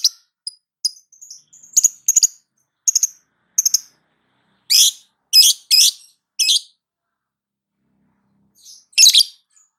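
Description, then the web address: Lovebird calls: scattered high squeaks and doubled chirps, then louder harsh shrieks in a loose series with gaps of silence. Female. "love-bird suara-lovebird-betina"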